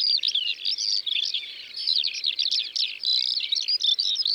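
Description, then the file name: Eurasian skylark song: rapid, high, jumbled chirps and warbled phrases pouring out without a break, with brief rattling runs. Eurasian skylarks recorded in the Drôme, France. "Alouettes des champs Concerts Naturels de la Drome Studio les Trois Becs"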